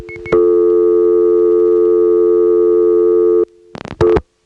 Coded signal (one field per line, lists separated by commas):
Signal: telephone call progress tone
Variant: North America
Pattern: dial tone